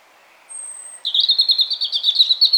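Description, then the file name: European robin song: a faint thin high note, then a sweet, rapid trill of pulsing notes that runs on steadily to the end. "Erithacus rubecula"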